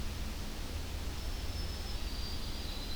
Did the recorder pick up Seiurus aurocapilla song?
no